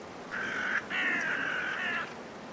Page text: Woodland in Winter. A group of five Carrion Crows in the trees, before roosting, during a blustery force 6 wind. Recorded in winter at Woodchester Park, Gloucestershire by Richard Margoschis. British Library